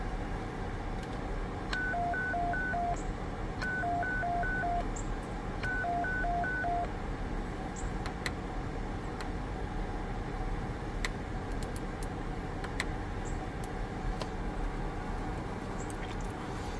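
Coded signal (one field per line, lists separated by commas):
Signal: roger beep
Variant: Anytone roger beep 5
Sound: three repeats of a quick low-high alternating two-tone beep sequence over hiss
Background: radio static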